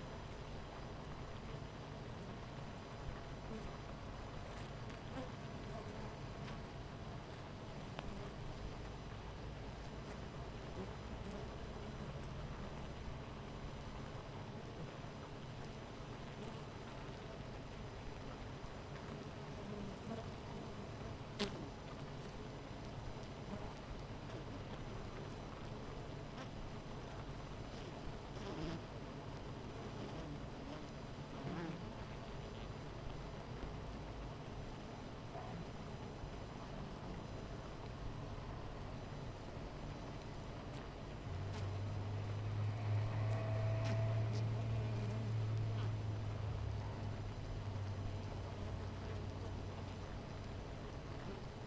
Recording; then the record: honeybee colony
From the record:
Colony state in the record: missing queen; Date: 14 July 2017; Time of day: 10:07